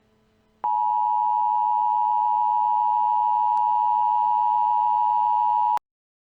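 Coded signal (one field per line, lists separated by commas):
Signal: Emergency Alert System (SAME) tones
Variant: 853 and 960 Hz attention tone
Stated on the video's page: Fictional emergency alert scenario with a glitch theme.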